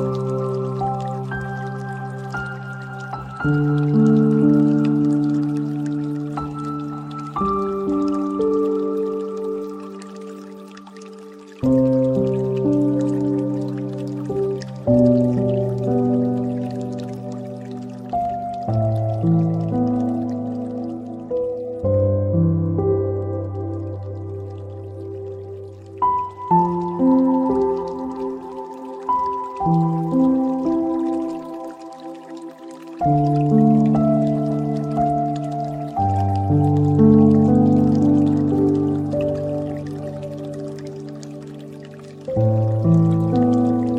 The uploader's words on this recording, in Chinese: 30分钟钢琴轻音乐 水流声。